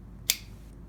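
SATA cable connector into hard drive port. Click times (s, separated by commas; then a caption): 0.3 s. A SATA cable connector is plugged into a hard drive port, and its latch snaps with one sharp, bright click at 0.3 s that fades quickly over a low, steady background hum. The connector is seated in the port.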